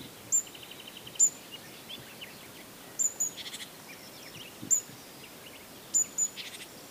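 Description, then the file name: Great tit calling: crisp high notes, single or paired, some followed by brief buzzy trills, over steady faint hiss. "Parus major"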